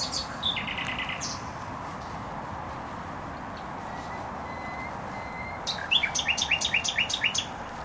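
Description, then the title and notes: Nightingale song in short bursts: a quick run of repeated notes near the start, faint thin whistles in the middle, then a rapid rhythmic series at the end, over steady traffic roar. Singing in bushes close to a noisy motorway in Bródno-Podgrodzie, Warsaw, Poland; recorded with a handheld digital recorder. "Bródno-Podgrodzie, Warszawa, Polska - Trasa Toruńska Nightingale. Recording nightingale singing in bushes close to noisy motorway"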